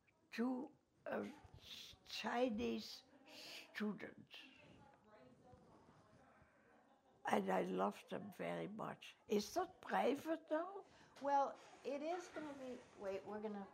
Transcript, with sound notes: to a Chinese student, (voices talking in background) and I loved him very much. Is that private though (voices in background)
Well it is gonna be -- wait, we're gonna